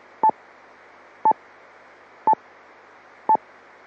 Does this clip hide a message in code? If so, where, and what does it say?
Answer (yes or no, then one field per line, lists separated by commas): no